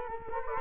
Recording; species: mosquito wingbeat signal from an infrared sensor; Culex quinquefasciatus